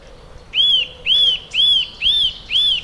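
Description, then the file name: Eurasian nuthatch giving a clear series of five piping, slightly arched whistles, spaced about half a second apart, over a quiet background. "Sitta europaea"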